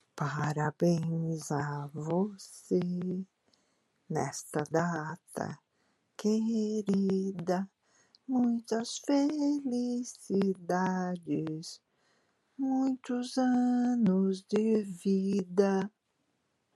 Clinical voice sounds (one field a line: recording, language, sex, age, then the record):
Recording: short text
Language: Brazilian Portuguese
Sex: female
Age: 60 to 69 years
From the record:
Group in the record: control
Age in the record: 62 years